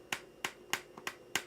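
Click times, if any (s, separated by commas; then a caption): 0.1 s, 0.5 s, 0.7 s, 1.1 s, 1.4 s. A small ratchet tensioner, held on by three screws, is turned with a tool on a tensioning string to take up slack. Five sharp ratchet clicks sound at 0.1, 0.5, 0.7, 1.1 and 1.4 seconds, with a fainter tick at 1.0 seconds. The string is confirmed tight.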